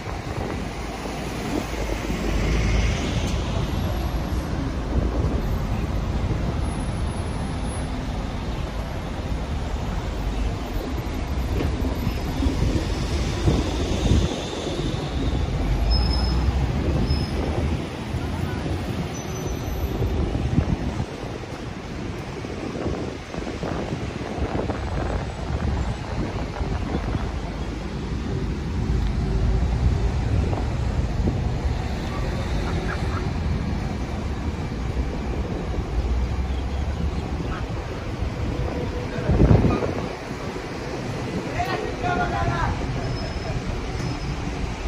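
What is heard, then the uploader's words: Street sounds from a walk in Tel Aviv: a dense, steady rumble of traffic with low engine noise throughout and passing vehicles swelling and fading. Scattered knocks and clatters mix in, with a sharp louder thud near 39 seconds and brief high squeals above. Street Sounds. Walking In Tel Aviv, Israel.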